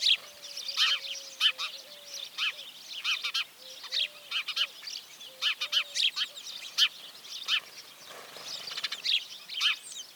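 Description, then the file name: House sparrow chirps, loud and clipped, coming in quick bursts of overlapping chatter, with a soft low tone repeating underneath in the first half. "Passer domesticus"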